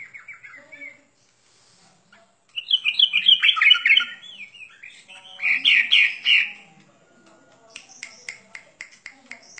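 Bird song: a few soft whistled notes, then a loud rapid chattering phrase, a second dense burst, and a closing run of sharp repeated chips.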